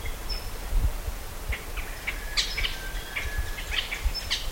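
Bird calls: faint, scattered short chirps and a thin drawn-out whistle above heavy low-pitched background noise.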